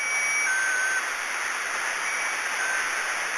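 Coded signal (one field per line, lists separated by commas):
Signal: channel marker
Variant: Squeaky Wheel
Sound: short high tone dropping to a lower squeaky tone, repeated over steady hiss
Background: radio static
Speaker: two more well-known and equally scary examples broadcast out of russia known by fans as squeaky wheel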